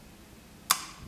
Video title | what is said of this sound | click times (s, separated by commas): Forspiro® (English) | Bring the white lever completely back into its original position until it snaps into place again with a clicking noise. | 0.7 s